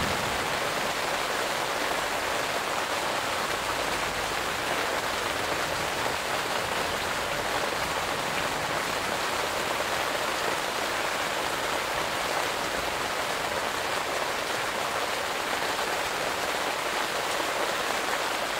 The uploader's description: summer rain and thunder in the garden, under the greenhouse in the countryside